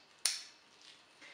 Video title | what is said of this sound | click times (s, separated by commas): United Ortho FKB (Anterior Frame) - Application Video | will hear an audible click when it engages | 0.3 s